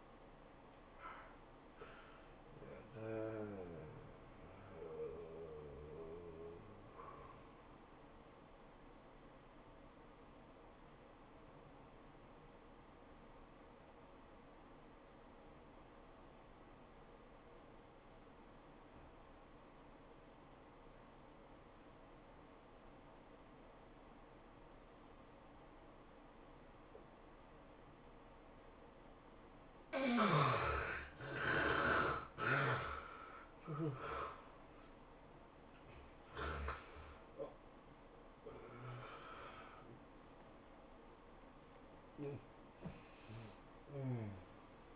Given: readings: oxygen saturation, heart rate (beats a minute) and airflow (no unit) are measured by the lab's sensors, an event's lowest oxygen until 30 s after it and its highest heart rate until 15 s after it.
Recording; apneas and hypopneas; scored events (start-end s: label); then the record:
a person awake in a sleep study, by a voice recorder at the bedside; 1
4.00-30.50 s: hypopnea (N1, oxygen 95% highest, then 76% lowest, heart rate 110 at the start, 110 highest)
19.00-44.96 s: awake
19.00-44.96 s: new sleep stage, awake
From the record:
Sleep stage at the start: N1 (lightest sleep); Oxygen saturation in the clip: 71 to 95%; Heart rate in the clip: 81 to 110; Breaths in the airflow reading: 6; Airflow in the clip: -20.8 to 19.6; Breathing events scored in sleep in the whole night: 403 in 5.5 hours asleep